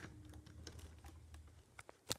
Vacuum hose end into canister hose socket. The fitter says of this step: push until you get that nice click and it's nice locked in there